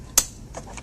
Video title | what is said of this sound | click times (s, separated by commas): How to assemble a Graco Lovin Hug Swing | these will automatically depress press them in until you hear a click there you | 0.2 s